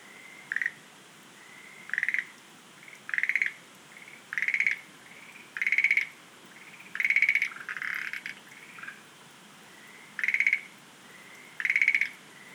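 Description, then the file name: Schlegel's green tree frog calling in a series of pulsed rattling croaks at irregular intervals, some preceded by softer tones. "rodolphe alexis - rhacophorus schlegelii"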